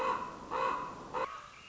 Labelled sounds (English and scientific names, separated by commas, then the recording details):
Common Raven (Corvus corax)
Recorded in Sonoma County, California